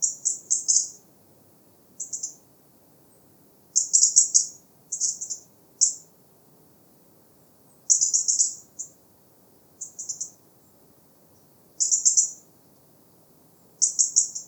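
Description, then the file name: European robin producing repeated bursts of sharp, very high thin notes, clustered in short runs every one to two seconds throughout, against a quiet low background hum. "Erithacus rubecula"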